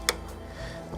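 An XLR microphone cable plug is pushed into the channel one input socket on a shoulder video camera. A single sharp click sounds at 0.1 s over a low steady background hum. The connector seats and is secure.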